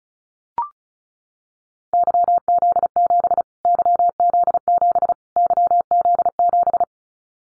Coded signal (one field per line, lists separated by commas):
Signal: Morse code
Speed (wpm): 34 wpm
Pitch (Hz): 700 Hz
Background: none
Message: YZ7 YZ7 YZ7